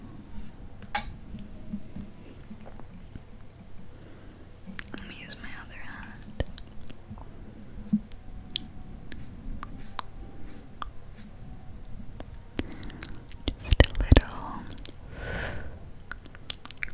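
Quiet whispering with soft scratchy touching and tracing sounds, brief clicks and a louder cluster of taps near fourteen seconds.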